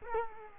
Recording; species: mosquito wingbeat signal from an infrared sensor; Culex quinquefasciatus